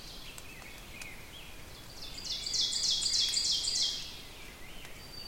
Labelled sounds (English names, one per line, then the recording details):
Ovenbird song
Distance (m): 35 m
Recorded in boreal forest in Alberta, Canada, on 6 June 2016 at 06:34
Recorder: SongMeter 3, array SBT-3-51
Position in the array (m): 227 m, 20 m
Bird 27